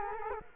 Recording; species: mosquito wingbeat signal from an infrared sensor; Culex quinquefasciatus